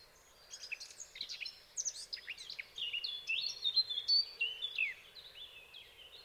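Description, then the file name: Eurasian blackcap song: a quick jumble of twittering and clear whistled notes over a soft background hiss. "Sylvia atricapilla"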